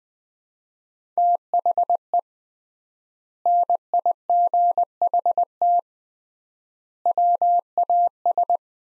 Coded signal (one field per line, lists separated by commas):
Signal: Morse code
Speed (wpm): 20 wpm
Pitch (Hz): 700 Hz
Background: none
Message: THE NIGHT WAS